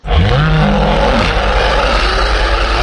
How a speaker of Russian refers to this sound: А потом разнесся рев Бога.